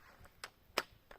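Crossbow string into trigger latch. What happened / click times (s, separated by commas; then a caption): The drawn string caught in the trigger latch / 0.8 s. A crossbow is cocked by drawing its string back from underneath until it catches in the trigger latch. Several sharp clicks are heard, with the loudest at 0.8 s as the string latches into the trigger mechanism, followed by softer clicks. The string is seated in the latch.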